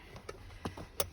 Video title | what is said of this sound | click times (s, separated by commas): Car Seat Safety 2 | and you'll hear the click, okay? | 1.0 s